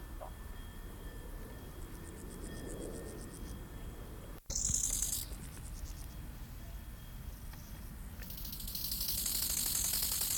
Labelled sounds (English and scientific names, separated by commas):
Bow-winged Grasshopper (Chorthippus biguttulus) stridulation